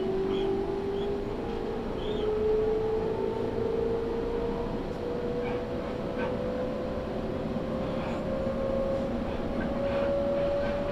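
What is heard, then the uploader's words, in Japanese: A Tokaido Main Line train runs from Hamamatsu toward Toyohashi under a steady, dense rumble. A motor whine climbs slowly in pitch across the clip as the train gathers speed. Faint clicks and rattles come and go, and the overall loudness barely changes. 東海道本線 浜松→豊橋。6:20発の豊橋行きに乗車して。多少は通勤通学ラッシュにも入りこみます。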